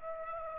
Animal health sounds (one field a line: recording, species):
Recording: mosquito wingbeat signal from an infrared sensor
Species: Aedes aegypti